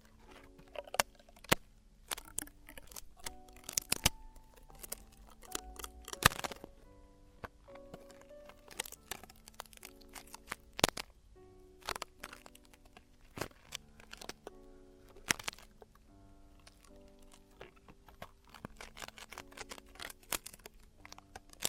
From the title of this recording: Traditional Chinese Ear Cleaning and Earwax Removal